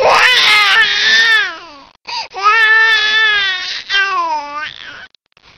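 Three loud wailing cry bursts from a crying baby, each a sustained, strongly voiced note that slides downward in pitch, separated by brief catch-breaths. A plain baby cry with full, clear voicing.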